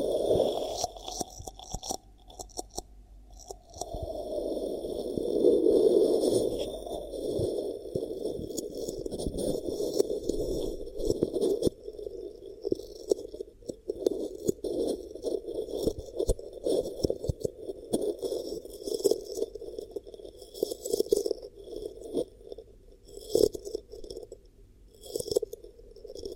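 Hypnotic triggers worked around the head and ears: soft scraping, rattling and rubbing sounds that swell and fade in uneven bursts. A muffled, low-middle rustle runs through most of the clip, broken by frequent short clicks and taps, with a brief near-silence around the fourth second.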